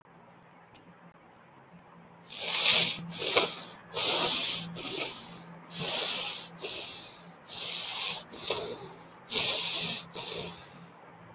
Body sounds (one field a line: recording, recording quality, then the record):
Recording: shallow breathing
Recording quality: excellent, no background noise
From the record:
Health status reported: COVID-19 positive, mild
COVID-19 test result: positive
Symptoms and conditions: cough, cold, fever, fatigue, muscle pain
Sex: male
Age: 24 years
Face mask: not worn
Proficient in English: yes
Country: India